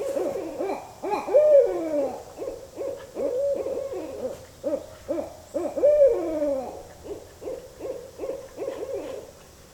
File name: Barred Owl